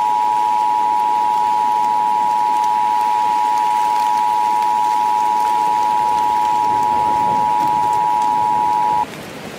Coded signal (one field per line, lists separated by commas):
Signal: Emergency Alert System (SAME) tones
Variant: 853 and 960 Hz attention tone